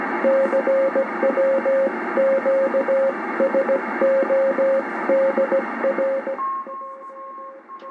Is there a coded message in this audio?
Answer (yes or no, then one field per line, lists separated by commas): yes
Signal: Morse code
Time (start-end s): 0.2-6.3 s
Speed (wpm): 17 wpm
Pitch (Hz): 540 Hz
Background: radio noise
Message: CW QSO DR